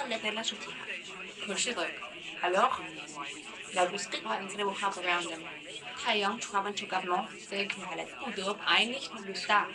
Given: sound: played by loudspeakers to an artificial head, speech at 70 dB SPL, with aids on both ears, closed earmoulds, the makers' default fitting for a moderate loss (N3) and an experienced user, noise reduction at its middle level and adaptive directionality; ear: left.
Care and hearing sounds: speech test signal (ISTS) in cocktail-party noise; +6 dB; on the right (90 degrees)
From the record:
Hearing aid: class 2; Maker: E

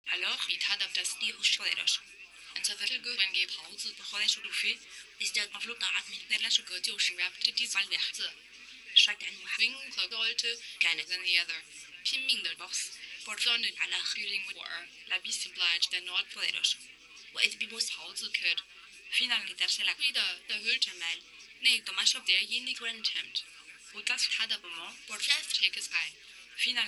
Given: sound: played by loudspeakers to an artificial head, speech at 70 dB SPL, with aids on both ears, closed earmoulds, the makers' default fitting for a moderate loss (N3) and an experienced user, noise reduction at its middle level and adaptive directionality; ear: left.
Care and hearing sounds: speech test signal (ISTS) in cocktail-party noise; +9 dB; in front (0 degrees)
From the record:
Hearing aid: class 2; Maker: H

